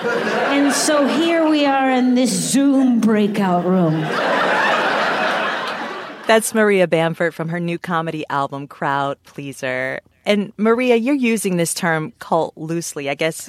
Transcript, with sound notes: And so here we are in this Zoom breakout room.
(LAUGHTER)
That's Maria Bamford from her new comedy album, "CROWD-PLEASER!" And, Maria, you're using this term cult loosely.